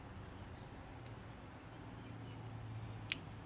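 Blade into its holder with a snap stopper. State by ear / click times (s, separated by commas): seated / 3.1 s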